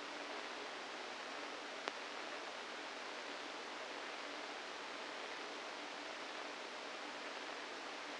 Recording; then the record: brain microelectrode recording played as sound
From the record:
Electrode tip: inside the subthalamic nucleus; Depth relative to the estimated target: -1 mm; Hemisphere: right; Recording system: NeuroSet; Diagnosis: Parkinson's disease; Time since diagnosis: 7 years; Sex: female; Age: 68 years